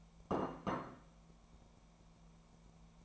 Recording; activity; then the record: daily activity, microphone in the room; place plate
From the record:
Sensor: 1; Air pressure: 1000.3 hPa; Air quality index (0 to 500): 144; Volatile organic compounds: 3 ppm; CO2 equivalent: 1350 ppm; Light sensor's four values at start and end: 30/75/32/39 and 30/75/32/38